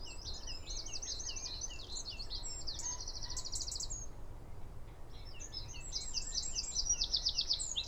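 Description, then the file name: Eurasian wren song in two bursts of shrill rapid notes and rattling trills, separated by a short pause, with low rumbling noise throughout. "Troglodytes troglodytes"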